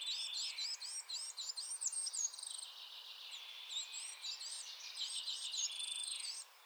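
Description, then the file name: Coal tit chattering: rapid high squeaky notes over a buzzy band, continuous for most. Chattering (bavarde) calls. "MESANGE NOIRE BAVARDE"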